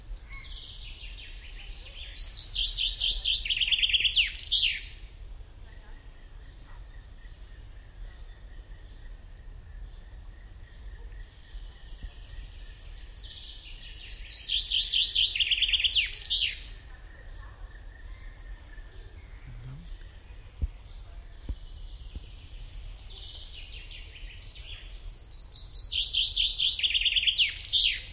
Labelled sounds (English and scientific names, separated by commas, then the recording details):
Common Chaffinch (Fringilla coelebs) song
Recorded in the wild
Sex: male
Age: adult
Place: Mühlenbeck, Brandenburg, DE
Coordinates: 52.7, 13.4214
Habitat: forest
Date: 1996-06-22 17:34
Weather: cloudy, 16°C
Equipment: Sony MD-WM MZ-R3, Sennheiser MKH 416 T, Kopie Uher 4000 Report Monitor
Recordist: Tembrock, Günter
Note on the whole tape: Im Mühlenbecker Wald: Gesang